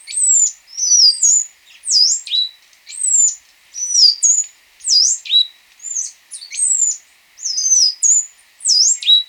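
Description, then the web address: Stripe-headed brush-finch song: high, thin whistled phrases with sharp up-and-down slurred notes, repeated in quick bursts about every second. Ecuador. "Birds of Ecuador. Stripe-Headed Brush-Finch"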